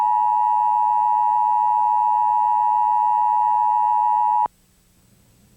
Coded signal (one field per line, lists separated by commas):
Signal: Emergency Alert System (SAME) tones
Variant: 853 and 960 Hz attention tone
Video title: EAS Required Monthly Test for all of Florida.